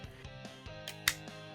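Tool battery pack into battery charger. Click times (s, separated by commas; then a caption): 1.1 s. The included 20 V battery pack for a Worx WG323 cordless pole saw chain saw is pushed onto its plastic charger over background music. A faint tap comes just before a sharp, loud click at 1.1 s as the battery seats into place.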